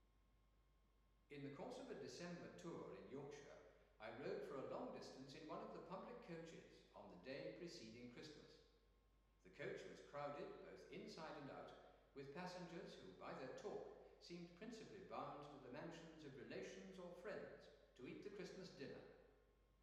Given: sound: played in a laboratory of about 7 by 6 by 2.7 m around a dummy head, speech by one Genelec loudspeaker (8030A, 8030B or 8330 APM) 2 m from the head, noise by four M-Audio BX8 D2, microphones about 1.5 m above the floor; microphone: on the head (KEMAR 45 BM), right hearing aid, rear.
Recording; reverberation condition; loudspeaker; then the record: male speech in English; high; 60 degrees to the right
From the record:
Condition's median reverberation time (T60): about 1300 ms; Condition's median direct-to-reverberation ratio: about -4.0 dB